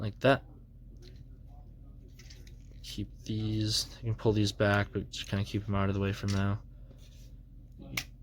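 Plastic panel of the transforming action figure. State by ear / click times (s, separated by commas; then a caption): seated / 8.0 s. Someone talks while handling a Transformers Studio Series SS-05 Optimus Prime transforming action figure, then presses a plastic panel of the figure down. A single sharp click sounds at 8.0 s as the panel seats into place.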